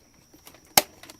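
The hatch on the speeder bike compartment of a Hasbro Star Wars AT-AT toy, which is hard to close, is pushed shut. After faint small ticks, one loud, sharp snap at 0.8 s marks the hatch seating closed, followed by a few more quiet ticks.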